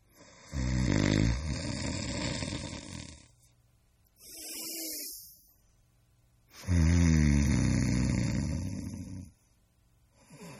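Two long, loud, low rattling snores about six seconds apart, each followed by a softer breathy exhale, a slow breathing rhythm of roughly ten breaths a minute. Ordinary adult human snoring, a sound effect.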